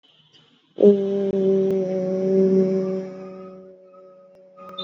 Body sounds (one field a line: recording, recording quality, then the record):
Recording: sustained vowel as in made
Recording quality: excellent, no background noise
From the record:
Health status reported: exposed to COVID-19, no respiratory illness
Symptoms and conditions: cough, cold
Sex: female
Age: 18 years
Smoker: yes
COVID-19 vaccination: both doses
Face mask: worn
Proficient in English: yes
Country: India